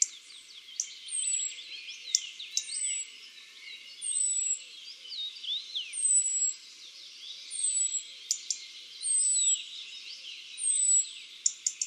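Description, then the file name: European robin song of high whistles and downward-sliding notes interleaved with fast twittering trills and occasional sharp ticks, delivered in steady phrases. "Erithacus rubecula"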